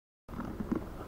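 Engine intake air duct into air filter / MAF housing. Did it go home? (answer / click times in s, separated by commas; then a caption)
no / none. A plastic engine intake air duct on a Mercedes M272 is handled as its tail is lined up with its hole in the air filter / MAF housing and pushed forward. Faint low knocks and scraping from the handling are heard, with small bumps around 0.4 s and 0.7–0.8 s. Nothing has seated or clicked yet.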